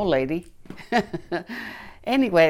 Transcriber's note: she laughs